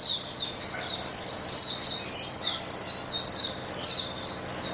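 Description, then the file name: Rapid, high, overlapping white-eye twitters, each bird's notes sliding downward, forming a busy shimmering chorus without pause. Chorus of many white-eyes singing together. "paduan suara pleci"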